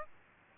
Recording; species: mosquito wingbeat signal from an infrared sensor; Aedes aegypti